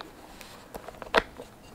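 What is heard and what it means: The metal turn-clasp on the flap of a vintage leather handbag, over 40 years old, is closed and turned to lock. A few soft handling taps and rustles lead up to a sharp metallic click at 1.2 s as the clasp locks in place. No talk is heard.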